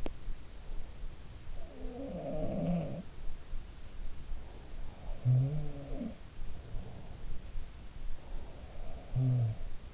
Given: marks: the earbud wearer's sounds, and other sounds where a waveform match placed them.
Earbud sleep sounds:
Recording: sounds in sleep by an in-ear microphone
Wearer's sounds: teeth grinding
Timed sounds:
0.00-0.19 s: teeth grinding
1.42-3.22 s: sound from someone else or the room
5.11-7.48 s: sound from someone else or the room
8.49-9.64 s: sound from someone else or the room

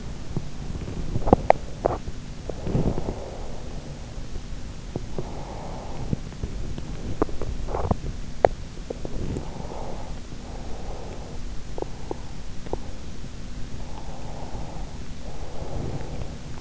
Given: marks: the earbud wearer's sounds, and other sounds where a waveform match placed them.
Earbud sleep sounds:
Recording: sounds in sleep by an in-ear microphone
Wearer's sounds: teeth grinding, breath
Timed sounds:
0.99-2.55 s: teeth grinding
2.55-6.70 s: breath
6.70-9.08 s: teeth grinding
9.08-11.47 s: breath
11.47-13.10 s: teeth grinding
13.83-16.49 s: breath

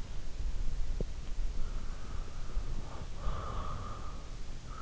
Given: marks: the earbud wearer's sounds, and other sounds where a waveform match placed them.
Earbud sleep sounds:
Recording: sounds in sleep by an in-ear microphone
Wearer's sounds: breath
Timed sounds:
2.60-4.60 s: breath

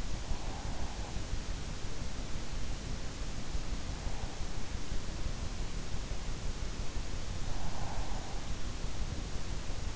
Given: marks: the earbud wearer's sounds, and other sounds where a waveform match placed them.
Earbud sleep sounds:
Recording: sounds in sleep by an in-ear microphone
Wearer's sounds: breath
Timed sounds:
0.00-1.54 s: breath
7.31-8.74 s: breath

